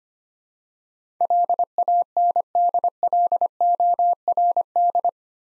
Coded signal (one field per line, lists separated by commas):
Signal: Morse code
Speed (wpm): 25 wpm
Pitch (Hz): 700 Hz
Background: none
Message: LANDLORD